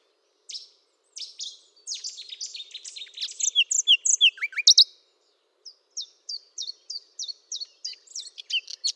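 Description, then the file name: Common nightingale song building from scattered notes into a dense, varied phrase, followed by a slower series of repeated notes. "Luscinia megarhynchos"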